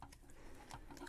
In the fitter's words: you gotta we gotta wait for the click sound uh to make sure he's clipped in okay he's clipped in now